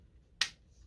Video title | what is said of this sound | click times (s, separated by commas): Transformers '86 Studio Series 86-05 Scourge Review! | You hear how it clicks? | 0.4 s